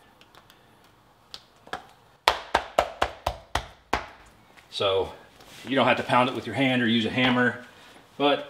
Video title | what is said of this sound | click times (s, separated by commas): Best Garage Flooring Options and Easy DIY Tile Install (Makeover Complete!) | if you step on it you can kind of hear it clicking into place as you go | 2.3 s, 2.5 s, 2.8 s, 3.0 s, 3.5 s, 3.9 s